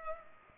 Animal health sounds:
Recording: mosquito wingbeat signal from an infrared sensor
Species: Culex pipiens

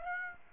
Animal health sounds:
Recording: mosquito wingbeat signal from an infrared sensor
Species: Aedes aegypti

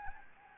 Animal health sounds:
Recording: mosquito wingbeat signal from an infrared sensor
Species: Anopheles gambiae

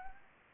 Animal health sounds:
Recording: mosquito wingbeat signal from an infrared sensor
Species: Anopheles arabiensis

